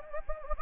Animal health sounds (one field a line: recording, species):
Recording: mosquito wingbeat signal from an infrared sensor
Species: Anopheles gambiae